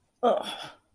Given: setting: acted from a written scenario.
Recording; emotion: vocal sound without words; contempt